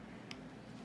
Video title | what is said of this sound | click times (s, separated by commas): Can I Fix It? Ipod Classic Repair Episode 78: I Frankenstein an Ipod And Have A Special Guest | You hear that click. It is up. | 0.3 s